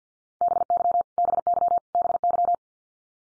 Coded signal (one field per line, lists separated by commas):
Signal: Morse code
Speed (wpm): 50 wpm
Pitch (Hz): 700 Hz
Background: none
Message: BY BY BY